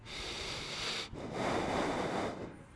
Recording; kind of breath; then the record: one breath in and out by a microphone near the nose and mouth; deep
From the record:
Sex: male